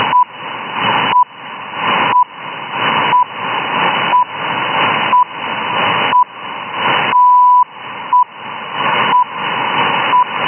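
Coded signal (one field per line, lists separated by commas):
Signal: radio time signal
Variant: RWM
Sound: short 1 kHz pips once a second over hiss, one longer pip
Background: radio static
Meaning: Short pips mark seconds; the longer pip marks the minute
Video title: RWM, accurate time signals.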